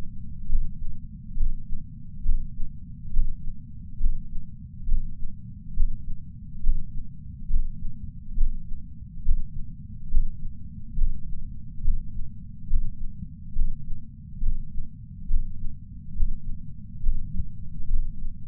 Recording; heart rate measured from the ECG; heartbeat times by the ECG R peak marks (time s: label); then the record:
heart sounds by patch sensor on the chest; 69 bpm
0.50 s: heartbeat
1.38 s: heartbeat
2.26 s: heartbeat
3.14 s: heartbeat
4.01 s: heartbeat
4.89 s: heartbeat
5.78 s: heartbeat
6.64 s: heartbeat
7.51 s: heartbeat
8.38 s: heartbeat
9.26 s: heartbeat
10.12 s: heartbeat
10.98 s: heartbeat
11.86 s: heartbeat
12.71 s: heartbeat
13.56 s: heartbeat
14.43 s: heartbeat
15.32 s: heartbeat
16.18 s: heartbeat
17.04 s: heartbeat
17.90 s: heartbeat
From the record:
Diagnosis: coronary artery disease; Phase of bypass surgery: preoperative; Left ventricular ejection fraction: 69.1%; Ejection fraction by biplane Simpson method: 68.2%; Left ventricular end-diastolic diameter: 44 mm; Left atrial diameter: 36 mm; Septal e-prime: 8.3 cm/s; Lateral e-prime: 8.5 cm/s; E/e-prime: 10.7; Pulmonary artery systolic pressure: 35 mmHg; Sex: male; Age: 76 years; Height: 165 cm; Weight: 79 kg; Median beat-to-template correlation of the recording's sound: 0.89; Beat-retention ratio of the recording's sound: 0.98